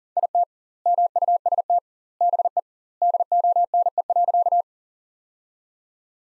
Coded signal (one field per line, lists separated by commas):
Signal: Morse code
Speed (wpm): 40 wpm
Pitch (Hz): 700 Hz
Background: none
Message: IT MUST BE DONE.